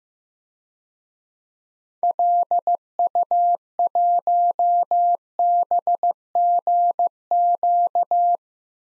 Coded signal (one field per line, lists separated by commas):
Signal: Morse code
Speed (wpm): 15 wpm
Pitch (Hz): 700 Hz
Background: none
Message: LU1BGQ